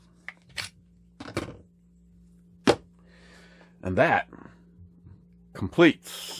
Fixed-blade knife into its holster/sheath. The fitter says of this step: nice positive click into its holster